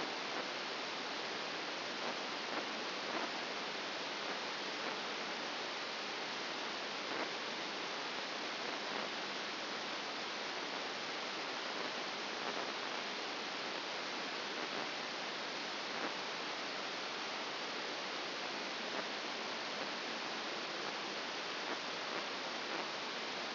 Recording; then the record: brain microelectrode recording played as sound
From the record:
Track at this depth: inside the subthalamic nucleus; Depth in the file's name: 2.105 mm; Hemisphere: left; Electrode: 2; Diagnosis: Parkinson's disease